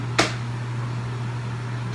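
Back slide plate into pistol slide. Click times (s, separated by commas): 0.2 s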